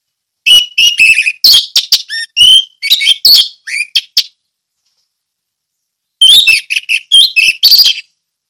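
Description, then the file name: Orange-headed thrush song: loud bursts of rich, varied whistles and sharp chirps around mid-to-high pitch, one long phrase then a pause of two seconds before another burst. Song in the ngeplong style. "anis merah ngeplong"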